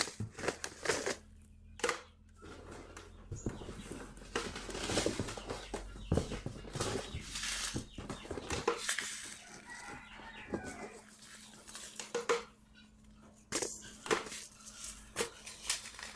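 Packets of seeds are sorted, with frequent crisp rustles and papery crinkles, some sharp clicks near 2, 12 and 14 seconds. The handling comes in irregular bursts with short pauses, over a steady low hum throughout.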